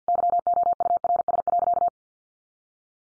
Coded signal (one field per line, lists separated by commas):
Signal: Morse code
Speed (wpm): 50 wpm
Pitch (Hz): 700 Hz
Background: none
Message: YOURS.